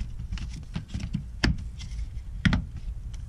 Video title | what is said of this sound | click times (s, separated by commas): Pathfinder NATS Immobilizer Diagnosis | It should just snap right in there. | 1.4 s, 2.4 s